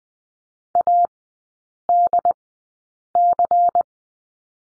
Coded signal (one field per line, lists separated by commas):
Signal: Morse code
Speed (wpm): 20 wpm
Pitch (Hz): 700 Hz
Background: none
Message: ADC